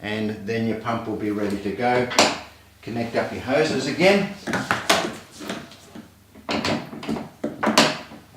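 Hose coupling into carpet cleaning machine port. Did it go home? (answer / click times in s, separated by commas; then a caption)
yes / 7.8 s. A vacuum/solution hose coupling is reconnected to the fitting on a carpet cleaning machine after the pump has been primed. Someone talks over a series of plastic knocks and handling sounds, and the coupling clicks into the port at 7.8 seconds with a tight fit.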